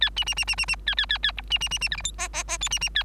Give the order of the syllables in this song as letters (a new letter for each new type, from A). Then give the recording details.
A B B B B B B A A A A C B B B B D E F G G G H B B A. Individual Bird3